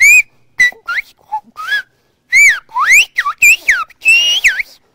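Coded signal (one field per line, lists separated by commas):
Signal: whistled language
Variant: Occitan whistled language of Aas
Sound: a loud pitch-gliding whistle in about a dozen speech-like phrases, rising and falling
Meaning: Bernard, go to the grocery store and buy me a tin of sardines and a baguette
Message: Bernard tu vas passer à l'épicerie tu vas m'acheter une boîte de sardines et une baguette de pain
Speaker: Bernard tu vas passer à l'épicerie tu vas m'acheter une boîte de sardines et une baguette de pain donc voilà c'est une phrase un peu plus un peu plus longue et qui qui aurait pu être sifflée sans problème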